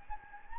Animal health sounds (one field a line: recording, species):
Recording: mosquito wingbeat signal from an infrared sensor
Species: Anopheles gambiae